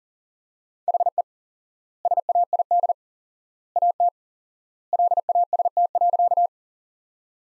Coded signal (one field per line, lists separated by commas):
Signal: Morse code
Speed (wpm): 37 wpm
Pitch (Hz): 700 Hz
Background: none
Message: HE SAID AT LAST.